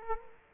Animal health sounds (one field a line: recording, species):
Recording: mosquito wingbeat signal from an infrared sensor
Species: Culex quinquefasciatus